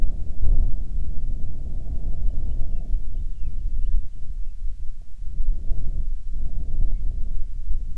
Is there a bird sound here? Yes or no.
yes